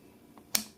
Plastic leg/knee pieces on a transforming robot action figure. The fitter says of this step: You're going to take these and slide them over here, and you'll hear a little click.